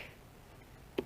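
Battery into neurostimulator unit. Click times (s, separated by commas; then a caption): 1.0 s. A battery is pressed down into a neurostimulator unit, giving one sharp click at 0.99 s against a quiet background. The battery is seated.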